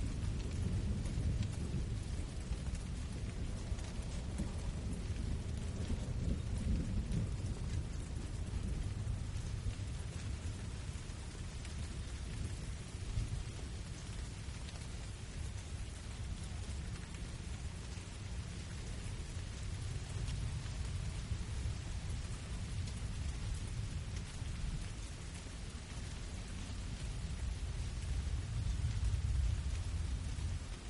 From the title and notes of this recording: The tranquil sounds of the rain.